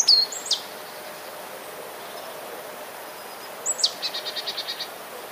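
Eurasian blue tit song: a few very high thin notes, then after a pause a downslurred note followed by a short, rapid, fading trill, over a steady background hiss.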